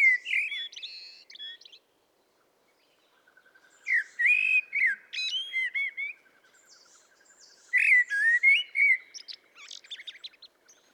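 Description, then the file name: Common blackbird song in three phrases, rich fluting whistles running into high scratchy twitters. "Turdus merula"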